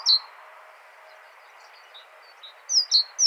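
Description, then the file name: Great tit phrase: one high-low note pair, a silent stretch of over two seconds, then the two-note pattern resumes near the end. "Parus major"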